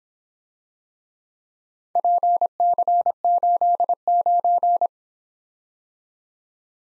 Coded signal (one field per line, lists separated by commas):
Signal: Morse code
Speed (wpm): 25 wpm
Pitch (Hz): 700 Hz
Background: none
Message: PC89